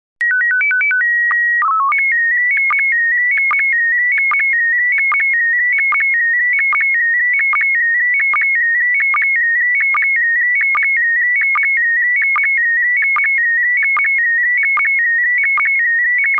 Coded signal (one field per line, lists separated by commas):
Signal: SSTV (slow-scan television)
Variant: PD 160